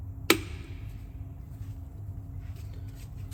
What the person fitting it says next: Once you've got it fully home, you just hear a little click where it just locks in there.